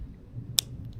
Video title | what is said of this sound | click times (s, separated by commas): Photography at Kōenji Festival 📸 - October 27, 2024 | hear that that's not that shouldn't be where that's catching | 0.6 s